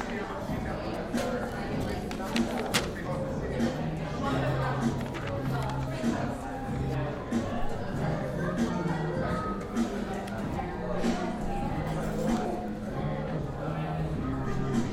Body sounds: background sound without coughing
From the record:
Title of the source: 60 minutes of coffee shop sounds for study and concentration

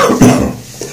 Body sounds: coughing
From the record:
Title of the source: Spring Cold Coughing 3

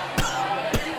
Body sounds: coughing mixed with background sound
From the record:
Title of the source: Coughing 51

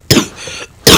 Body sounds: coughing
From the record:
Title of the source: Wet coughing

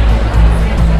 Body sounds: background sound without coughing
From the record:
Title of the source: Party Noise 1 Hour Party Ambience

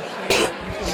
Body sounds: coughing mixed with background sound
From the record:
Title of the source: 61 morning phlegmy cough...again

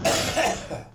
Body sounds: coughing mixed with background sound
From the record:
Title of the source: Cough Around the Clock!

